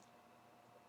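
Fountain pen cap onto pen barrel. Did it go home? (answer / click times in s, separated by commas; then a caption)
no / none. A Kaigelu 363 fountain pen cap is handled at the pen barrel, about to be pushed on with considerable force so its inner cap rides over a metal lip. Only a steady low hiss with a faint constant tone near 700 Hz is heard, with no sharp transients. Nothing has seated or clicked yet.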